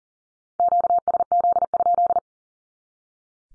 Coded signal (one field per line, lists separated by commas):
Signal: Morse code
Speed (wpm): 40 wpm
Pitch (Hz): 700 Hz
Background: none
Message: QSZ?